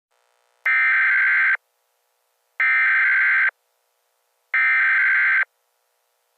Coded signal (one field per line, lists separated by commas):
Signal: Emergency Alert System (SAME) tones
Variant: header bursts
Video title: EAS Scenario The Disappearence Of Adobe Flash Player